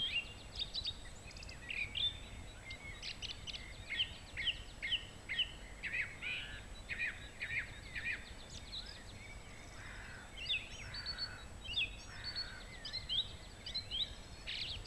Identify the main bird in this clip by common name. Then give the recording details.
Song Thrush. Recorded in the wild. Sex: male. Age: adult. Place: Treffen am Ossiacher See, Ossiachersee, Kärnten, AT. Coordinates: 46.67, 13.942. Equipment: Hornyphon, Phillips Mikrofon. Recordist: Brunner, Thomas. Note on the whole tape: Frühjahr 1964, bei der Hansbauerfrat'n aufgenommen